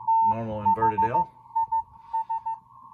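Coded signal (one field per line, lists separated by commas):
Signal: Morse code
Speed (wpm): 15 wpm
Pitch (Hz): 900 Hz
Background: speech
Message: THIS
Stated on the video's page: CW on the 40 m ham band received with an RTL-SDR on an inverted-L antenna.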